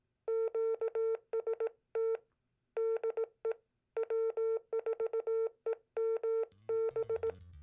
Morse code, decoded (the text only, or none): QST DE W4EMB